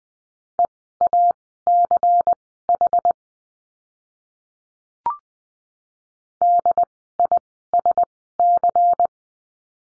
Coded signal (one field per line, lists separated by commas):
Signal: Morse code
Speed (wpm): 20 wpm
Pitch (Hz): 700 Hz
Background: none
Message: EACH DISC